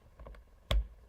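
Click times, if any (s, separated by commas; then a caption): 0.7 s. A rotary drive shaft is pushed down into the head of a Griot's Garage BOSS Hybrid Micro Polisher. Three faint light ticks come at 0.2, 0.3 and 0.4 seconds, then one sharp, loud click at 0.7 seconds as the shaft snaps into the detent. The shaft is seated and locked in.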